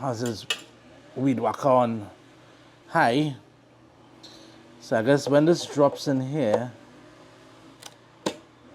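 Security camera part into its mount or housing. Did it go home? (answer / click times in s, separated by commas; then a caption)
yes / 8.3 s. Someone talks while setting up a Eufy S3 security camera over a steady low hum, then drops a camera part into its slot in the mount or housing and pushes it down. A faint tap comes at 7.9 s, followed by a sharp, satisfying click at 8.3 s as the part seats home.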